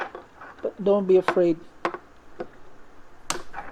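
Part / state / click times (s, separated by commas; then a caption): front differential assembly into the plastic gearbox housing of an RC car / seated / 3.3 s. A serviced front differential assembly of a WLtoys 144001 RC car is pushed back into its plastic gearbox housing while someone talks. Several small knocks sound along the way, and a sharp click at 3.3 seconds marks the differential snapping into place, fully seated.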